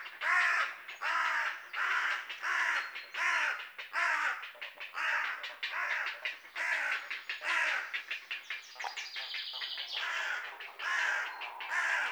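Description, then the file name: Carrion Crow, a run of harsh caws roughly every second, later faster and choppier, with a high thin buzzy note from another bird near the end. "Corvus corone"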